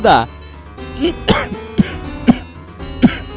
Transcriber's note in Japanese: 咳き込む